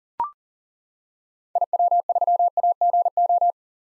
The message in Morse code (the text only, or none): IW3AGO